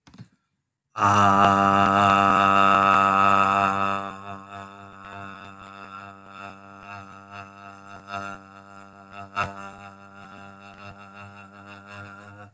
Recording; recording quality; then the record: sustained vowel as in made; excellent, no background noise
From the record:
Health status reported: respiratory illness, not identified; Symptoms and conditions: cough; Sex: male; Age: 32 years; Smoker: yes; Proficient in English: yes